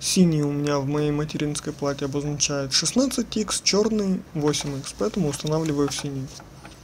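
Someone talks while handling a Radeon RX 570 graphics card, a two-slot card, over the blue PCI Express x16 slot on the motherboard; the blue slot is chosen because the board marks blue as x16 and black as x8. Speech fills the clip, with only a faint short sound near the end. Nothing has seated or clicked yet.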